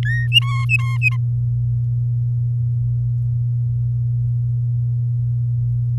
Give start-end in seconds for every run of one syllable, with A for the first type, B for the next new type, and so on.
0.05-0.27 A, 0.32-1.17 B